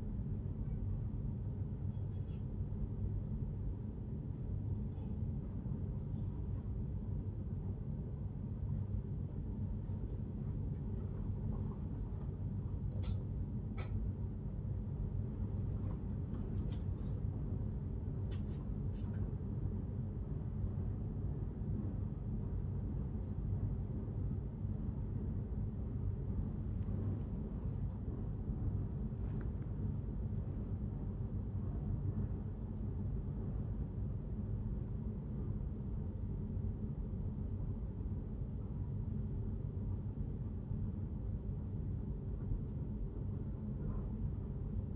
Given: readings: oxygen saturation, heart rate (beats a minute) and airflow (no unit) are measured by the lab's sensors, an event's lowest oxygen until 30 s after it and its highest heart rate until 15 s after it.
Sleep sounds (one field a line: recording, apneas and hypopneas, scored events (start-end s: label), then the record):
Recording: a person awake in a sleep study, by a smartphone at the bedside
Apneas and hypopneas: none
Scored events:
0.00-44.96 s: awake
From the record:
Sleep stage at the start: awake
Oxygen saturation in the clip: 93 to 95%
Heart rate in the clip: 76 to 81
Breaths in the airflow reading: 12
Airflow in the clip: -3.5 to 4.4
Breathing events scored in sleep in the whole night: 131 in 7.2 hours asleep